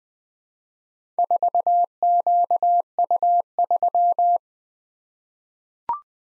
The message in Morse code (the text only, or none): 4QU3